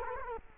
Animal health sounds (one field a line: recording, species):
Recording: mosquito wingbeat signal from an infrared sensor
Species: Culex quinquefasciatus